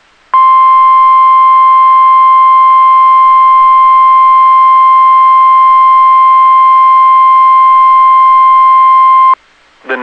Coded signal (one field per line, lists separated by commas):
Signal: Emergency Alert System (SAME) tones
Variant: 1050 Hz attention tone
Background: speech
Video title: Tropical Storms and Severe Storms | EAS Alerts from 8/20/21 (EAS #837-841)